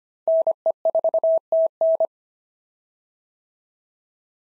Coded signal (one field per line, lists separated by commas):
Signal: Morse code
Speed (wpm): 25 wpm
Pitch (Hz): 650 Hz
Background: none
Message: NE4TN